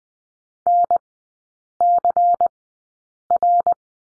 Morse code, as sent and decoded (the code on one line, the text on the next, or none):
-. -.-. .-.
NCR